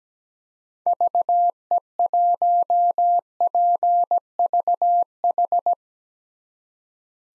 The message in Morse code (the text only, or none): VE1PVH